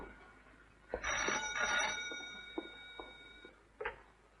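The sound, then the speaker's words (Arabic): An old-style telephone bell rings in one long metallic trill, then stops. A few soft clicks and knocks follow, like a receiver being lifted. No one speaks. “على الاقل كانت اتكلمت في التليفون اهي.”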